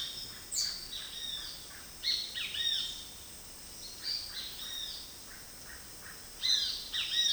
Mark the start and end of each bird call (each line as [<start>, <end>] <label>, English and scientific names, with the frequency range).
[0.00, 7.33] Great Kiskadee (Pitangus sulphuratus) (0.8-6.3 kHz)
[0.41, 0.70] unidentified bird (4.5-8.8 kHz)
[3.87, 6.24] Russet-backed Oropendola (Psarocolius angustifrons) (0.7-2.2 kHz)